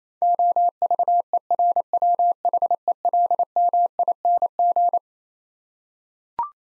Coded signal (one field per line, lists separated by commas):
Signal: Morse code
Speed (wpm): 28 wpm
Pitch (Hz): 700 Hz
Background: none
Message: OVERWHELMING